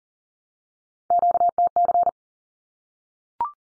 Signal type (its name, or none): Morse code